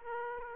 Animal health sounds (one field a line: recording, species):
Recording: mosquito wingbeat signal from an infrared sensor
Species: Aedes aegypti